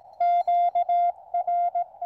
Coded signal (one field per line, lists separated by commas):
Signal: Morse code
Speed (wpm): 17 wpm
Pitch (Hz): 700 Hz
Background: music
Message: QR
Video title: First Attempt at OH8STN's Challenge, Camp Radio on 80m.